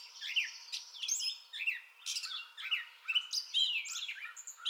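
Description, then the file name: Gray catbird song: a jumbled run of varied squeaky and chattering phrases in quick succession with brief pauses between. Song bout recorded 30 May 2021. "2021-05-30 Gray Catbird Song Bout"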